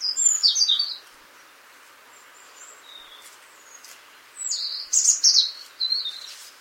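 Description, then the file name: European robin song, two bursts of high sweet warbling notes with trills, separated by a few seconds of quiet with faint chirps. "Erithacus rubecula"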